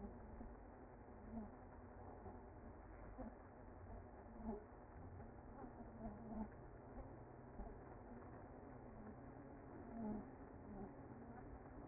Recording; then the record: honeybee colony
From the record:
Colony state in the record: active